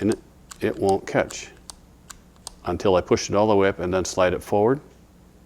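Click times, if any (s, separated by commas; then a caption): none. A metal .22 pistol magazine is handled at a Smith and Wesson M&P 22 Compact handgun frame while someone talks, with a few sharp handling ticks between the words. The magazine has not yet been pushed all the way up and slid forward, so nothing has seated or clicked yet.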